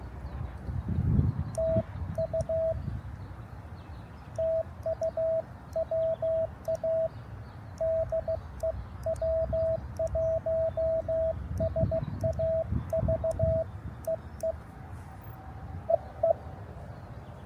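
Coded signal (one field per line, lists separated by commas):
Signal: Morse code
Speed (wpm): 16 wpm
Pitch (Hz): 650 Hz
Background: radio noise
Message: TU TU WA DE W1SAV EE EE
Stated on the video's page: Park activation.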